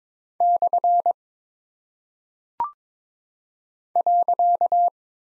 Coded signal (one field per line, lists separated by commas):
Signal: Morse code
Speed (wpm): 22 wpm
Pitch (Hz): 700 Hz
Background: none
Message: / .